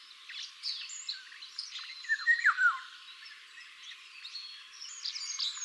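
Golden oriole song, a clear fluty phrase of two or three descending whistles just before midway, with fainter chirping and trilling from other birds around it.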